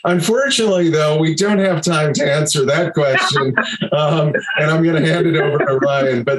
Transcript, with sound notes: Unfortunately though, we don't have time to answer that question [laughter], and I'm going to hand it over to Ryan.